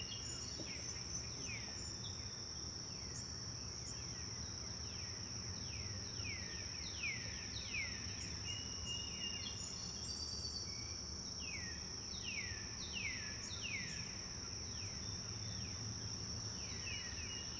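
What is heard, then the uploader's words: Birds chirp softly and steadily, repeating quick downward-sliding calls every second or so throughout. A constant high, thin insect whine runs underneath the whole time, over a low, even outdoor rumble. Birds Chirping Softly Ambient Noise.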